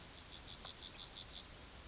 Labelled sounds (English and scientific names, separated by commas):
Yellowhammer (Emberiza citrinella) song